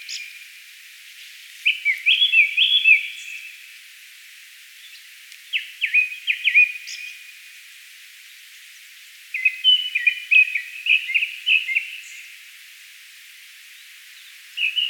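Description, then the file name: Japanese thrush song: several bursts of rapid, tumbling whistled notes separated by pauses. "Turdus cardis"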